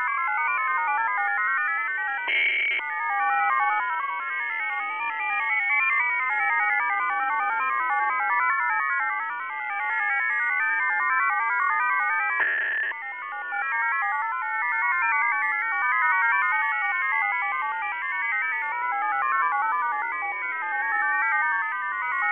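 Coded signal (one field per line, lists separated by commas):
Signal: multi-tone FSK (Olivia or MFSK type)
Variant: F07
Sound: warbling chords of several simultaneous tones hopping together rapidly, continuous, with two brief bursts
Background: radio static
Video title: F07 Data Mode 13/06/2024 2050 UTC 13389kHz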